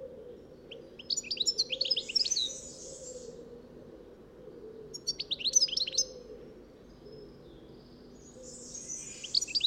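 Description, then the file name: European goldfinch song: bursts of quick, tinkling twitters and buzzy notes, three phrases spaced a few seconds apart, with a steady low hum underneath. "Carduelis carduelis"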